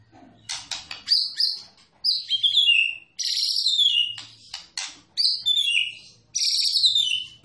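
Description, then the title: White-rumped shama song: loud, varied phrases of sharp notes and long descending whistles, sweeping from high to lower pitch, with brief pauses between them. Masteran tutor recording of a champion white-rumped shama, made for training songbirds. "Masteran Murai Batu Juara"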